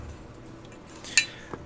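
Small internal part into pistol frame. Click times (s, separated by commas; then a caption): 1.2 s. A small metal part with a ledge on its bottom side is pushed into a Sig Sauer P228 pistol frame so the ledge catches under a lip in the frame. After a brief scraping push, a sharp metallic snap at 1.2 s shows the part seating, followed by a faint tick at 1.5 s.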